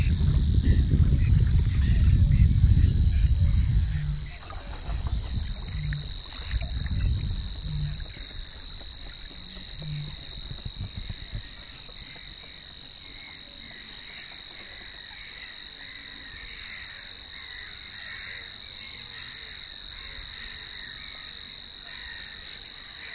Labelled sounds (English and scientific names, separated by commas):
Savi's Warbler (Locustella luscinioides) song